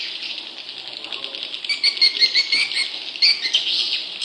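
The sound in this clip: Leafbird song of high, sharp chirps and short warbled notes, growing busier and louder after the first second and a half, over a steady hiss.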